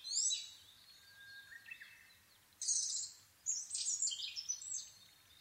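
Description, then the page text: Asian brown flycatcher giving high, scratchy song phrases: a jumbled opening burst, quieter lower notes, then louder rapid twittering near the end. Nikko, Japan, 26 April 2011 at 4:39, altitude 730 m; Sony PCM-D50 recorder with Panasonic WM-61A microphone. "kosamebitaki 20110426-0439. Muscicapa dauurica [Sounds -Nikko Today-]. 4/ 26 2011, 4:39. alt=730m"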